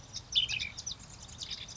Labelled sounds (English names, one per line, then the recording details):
Ash-throated Flycatcher
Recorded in Sonoma County, California